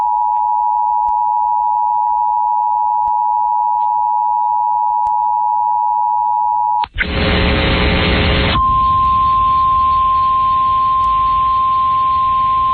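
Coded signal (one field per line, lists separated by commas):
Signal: Emergency Alert System (SAME) tones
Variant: 853 and 960 Hz attention tone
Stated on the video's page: Tornado warning received on a 104.5 FM classic hits station via an online streaming app.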